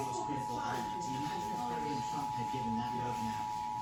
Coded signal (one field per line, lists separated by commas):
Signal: Emergency Alert System (SAME) tones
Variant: 853 and 960 Hz attention tone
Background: speech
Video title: EAS 1823-1824: Severe Thunderstorm Warning